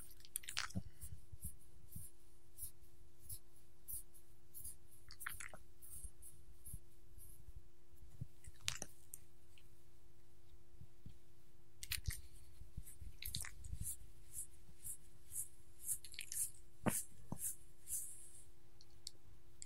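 A dog being petted, with scratchy rubbing and wet licking and chewing noises scattered through the clip in short bursts. Sharp clicks and snaps land every second or two, loudest around twelve to fourteen seconds and near seventeen. A faint steady hum runs underneath throughout.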